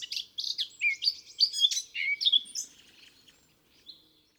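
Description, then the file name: Eurasian blackcap song: a quick warbled phrase of mixed chirps and clear whistled notes that fades out, followed by a single soft note. "Sylvia atricapilla"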